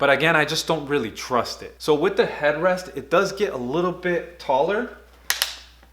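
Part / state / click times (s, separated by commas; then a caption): headrest post in gaming chair backrest / seated / 5.3 s, 5.4 s. Someone talks, then the plastic headrest post on an affordable Costco gaming chair's backrest is raised through its ratchet height settings. It clicks into position at 5.3 s and 5.4 s, and the headrest is seated at a taller height.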